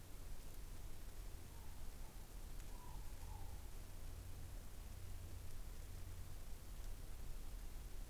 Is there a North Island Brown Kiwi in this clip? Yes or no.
no